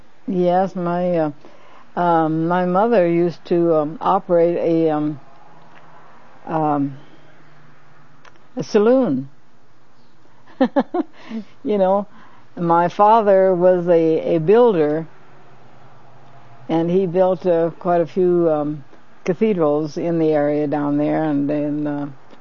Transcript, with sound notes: Yes, my - my mother used to operate a um - um - saloon, (laughs) you know. My father was a - a builder and he built quite a few um, cathedrals in the area down there and in